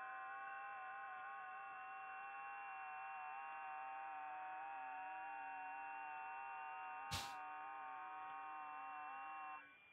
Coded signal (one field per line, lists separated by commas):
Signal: FT8